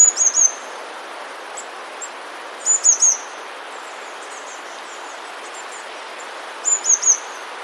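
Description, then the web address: Eurasian blue tit song: three spaced phrases, each of a few thin, high notes, with quiet gaps between. "wroblowe teka spiew modraszkoteka"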